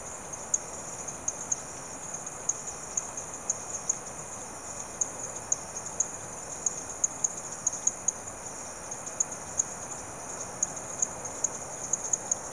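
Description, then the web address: Insect chorus, a steady shrill high-pitched drone with sharp ticks sprinkled irregularly throughout. Insects calling in the late evening, rural South America. "BBC Sound Effects Library - Complete 60 CDs Collection Sound Effects Library-58 (Rural South America) Frogs And Insects, Late Evening"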